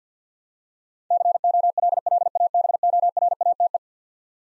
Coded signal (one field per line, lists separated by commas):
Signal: Morse code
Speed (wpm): 50 wpm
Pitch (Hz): 700 Hz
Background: none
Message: COLLABORATE